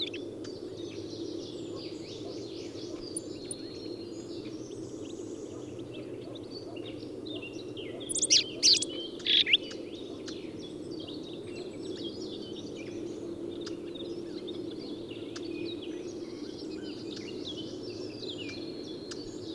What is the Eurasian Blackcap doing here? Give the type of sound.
song